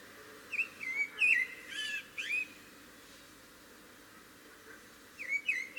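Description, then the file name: Common blackbird calls: several short squeaky whistled notes clustered in the first two and a half seconds, then again at the end. "Turdus merula"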